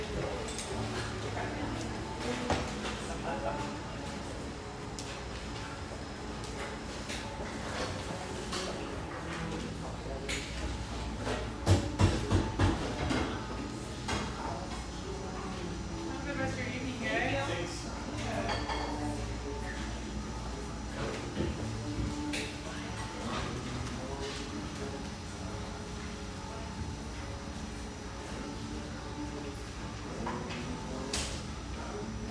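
Steady murmur of a busy espresso joint in North Beach, with overlapping voices blending into a dense, even hum. Sharp clinks and knocks of cups and equipment pop out now and then, clustering around the twelve-second mark, over a constant low rumble.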